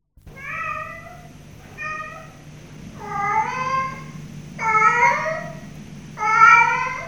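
Cat giving five meows, growing louder toward the end, over a low background hum.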